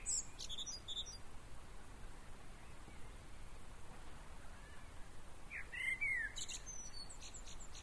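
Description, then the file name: Common blackbird giving a brief, quieter song phrase: a short fluty warble ending in high twitters, with scattered high chips earlier and background hiss throughout. "Turdus merula"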